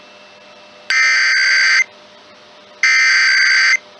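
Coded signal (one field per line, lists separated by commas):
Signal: Emergency Alert System (SAME) tones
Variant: header bursts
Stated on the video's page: Emergency Alert System Required Weekly and Required Monthly Tests from August 2020.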